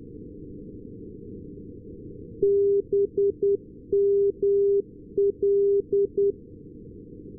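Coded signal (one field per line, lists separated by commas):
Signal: Morse code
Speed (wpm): 10 wpm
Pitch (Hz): 400 Hz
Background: none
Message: BML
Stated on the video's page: Non-directional beacon received with an RTL-SDR and Ham It Up Nano upconverter on a loop antenna lying on the ground.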